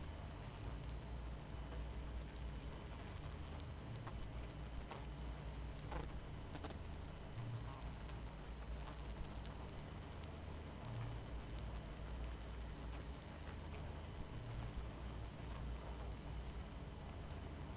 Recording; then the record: honeybee colony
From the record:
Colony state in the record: missing queen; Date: 14 July 2017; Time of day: 23:56